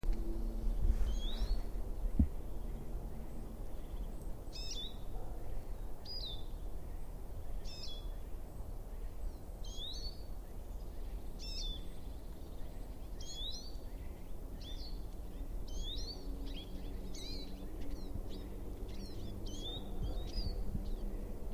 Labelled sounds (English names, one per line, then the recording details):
Eurasian Siskin call
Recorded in the wild
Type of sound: call
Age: adult
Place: Schönow, Naturpark Barnim, Brandenburg, DE
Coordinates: 52.6872, 13.5328
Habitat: pine forest
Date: 2012-02-26 15:10
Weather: 8°C, clear, moderate winds from N
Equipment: Sound Devices 702, Sennheiser MKH 415 T, Rhode Windschutz
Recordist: Frommolt, Karl-Heinz
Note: Naturschuztgebiet Schönower Heide: Kiefernbestand nahe Schönow: Rufe eines Erlenzeisigs. Entfernung ca. 20 m. Tier nicht gesehen